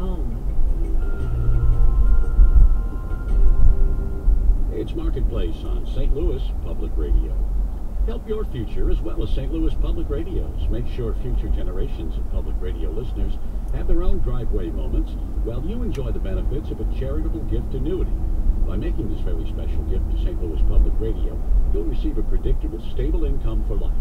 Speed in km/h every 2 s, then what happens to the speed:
60, 60, 61, 61, 63, 64, 63, 63, 64, 64, 66, 63.
0-24 steady at about 63.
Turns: none.